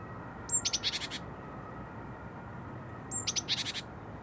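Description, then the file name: Small birds giving two bursts of rapid high chirps, each a thin whistle followed by several quick notes, over a steady low hum. Birds in a nest. "freesound small birds in nest"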